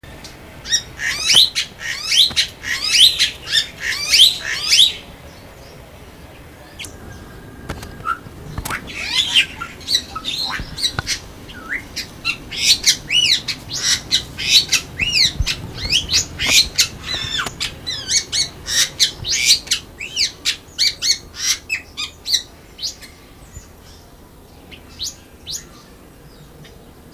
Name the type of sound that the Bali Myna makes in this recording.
song